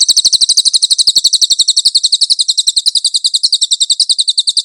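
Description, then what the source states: Cililin singing a steady, very fast, high-pitched chattering trill that continues throughout, with tightly packed repeated notes. Cililin song for cage-bird training.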